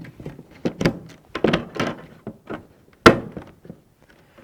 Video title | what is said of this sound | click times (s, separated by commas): Little Giant Beekeeping Supplies | This needs to be snapped in place on top. | 1.4 s, 3.1 s